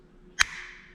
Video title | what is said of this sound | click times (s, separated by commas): Seadoo Spark Rotax 900 ACE Engine Build (Oil Pumps) (Part II) | Line This Gear Up on Top and then push it and you should hear two clicks | 0.4 s